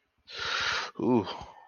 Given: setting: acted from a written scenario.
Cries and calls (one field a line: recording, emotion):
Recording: vocal sound without words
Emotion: desire